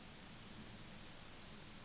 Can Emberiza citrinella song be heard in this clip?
yes